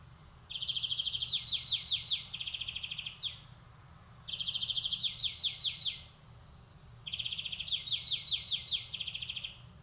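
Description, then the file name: European greenfinch song: three long phrases of rapid trills breaking into twittering notes, each lasting about three seconds with short pauses between. "Chloris chloris"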